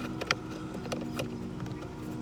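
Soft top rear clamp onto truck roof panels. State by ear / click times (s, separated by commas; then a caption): seated / 0.3 s. The big rear clamp of a Bestop Sunrider soft top is pulled down so its notches go over the truck's freedom roof panels. Over a steady low hum, it snaps into place with a sharp pop at 0.3 s, followed by a few fainter knocks. The clamp is seated.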